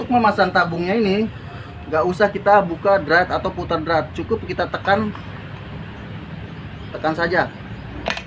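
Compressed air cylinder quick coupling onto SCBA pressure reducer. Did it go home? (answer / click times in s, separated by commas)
yes / 8.1 s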